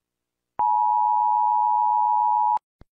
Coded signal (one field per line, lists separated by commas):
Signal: Emergency Alert System (SAME) tones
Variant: 853 and 960 Hz attention tone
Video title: Rating eas alarms